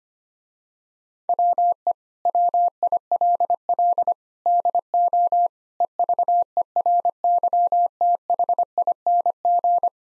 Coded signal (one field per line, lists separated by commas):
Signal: Morse code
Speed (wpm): 25 wpm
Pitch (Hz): 700 Hz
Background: none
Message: WE WILL DO EVERYTHING